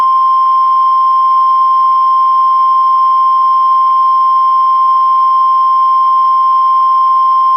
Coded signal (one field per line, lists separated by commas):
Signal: Emergency Alert System (SAME) tones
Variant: 1050 Hz attention tone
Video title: Special Marine Warning (EAS 272)